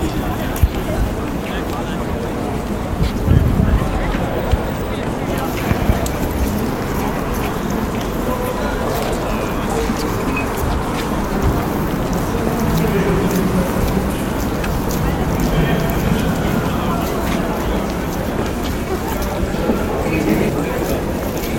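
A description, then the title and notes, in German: Old town of Lübeck: a steady, dense wash of street sound with a low rumble and murmuring voices throughout. Short knocks and clatters break through often, with a louder thump around three seconds and several more near five. ASMR in der Altstadt von Lübeck: Ambient 3D-Sound. Es ist Abend geworden.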